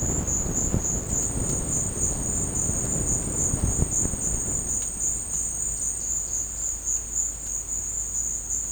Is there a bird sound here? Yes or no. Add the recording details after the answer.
no. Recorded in dense forest near Puerto Asís, Putumayo, Colombia, on 20 December 2024 at 13:00. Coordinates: 0.481, -76.323. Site G100